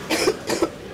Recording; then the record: coughing mixed with background sound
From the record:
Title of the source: 61 morning phlegmy cough...again